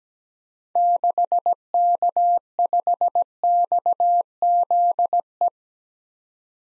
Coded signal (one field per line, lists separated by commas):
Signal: Morse code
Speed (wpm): 17 wpm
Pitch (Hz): 700 Hz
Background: none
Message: 6K5XZE